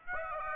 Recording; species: mosquito wingbeat signal from an infrared sensor; Aedes aegypti